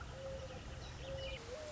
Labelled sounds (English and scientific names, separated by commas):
Mourning Dove (Zenaida macroura)